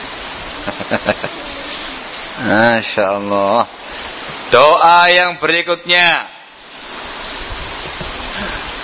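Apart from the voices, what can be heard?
heavy rain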